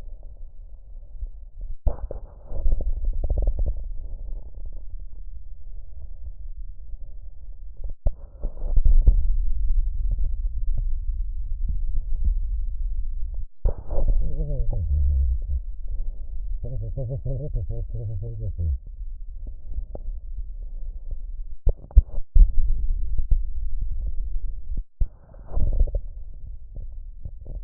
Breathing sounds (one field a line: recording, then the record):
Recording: lung sounds by stethoscope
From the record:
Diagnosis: emphysema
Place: left posterior upper chest